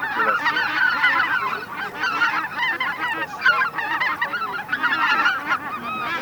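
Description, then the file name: Greater white-fronted goose flock in constant clamour, overlapping squeaky honks and cackles from many birds at once, without pause. Flock chatter of greater white-fronted geese, known as a goose 'bazaar', recorded for use in an electronic hunting caller. "Белолобый базар"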